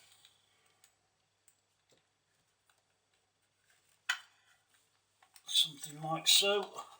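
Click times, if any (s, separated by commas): none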